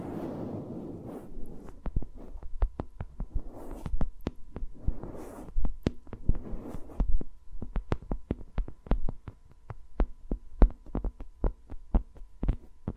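Fingers moving around microphones make soft rustling swells early on, then give way to rapid, irregular sharp taps over a low steady hum.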